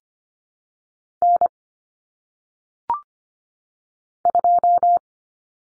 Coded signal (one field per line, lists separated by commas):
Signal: Morse code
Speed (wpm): 25 wpm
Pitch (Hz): 700 Hz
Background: none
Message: N 2